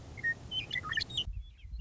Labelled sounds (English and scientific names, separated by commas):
Western Meadowlark (Sturnella neglecta)